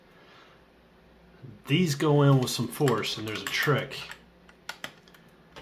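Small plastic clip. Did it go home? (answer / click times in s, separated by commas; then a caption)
no / none. A small plastic release clip is handled at the battery housing of an 18V Ryobi tool battery being built from a kit, meant to be forced in while the release is actuated. Someone talks over faint background noise, followed by a few short, sharp handling taps near the end. Nothing has seated or clicked yet; the clip is not yet home.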